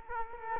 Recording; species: mosquito wingbeat signal from an infrared sensor; Culex quinquefasciatus